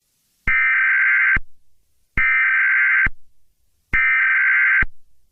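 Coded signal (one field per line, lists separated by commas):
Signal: Emergency Alert System (SAME) tones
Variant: header bursts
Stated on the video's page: Fictional alert tones for a simulated deadly computer virus scenario.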